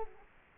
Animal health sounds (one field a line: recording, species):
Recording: mosquito wingbeat signal from an infrared sensor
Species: Culex quinquefasciatus